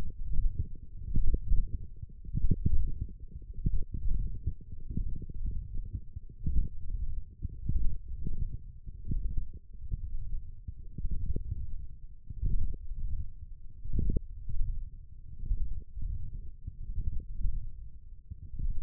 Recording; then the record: forearm muscle sounds (acoustic myography)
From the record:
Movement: wrist flexion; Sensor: system 1, eight BSWA MPA416 microphones around the upper forearm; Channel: 2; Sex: male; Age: 23 years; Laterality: right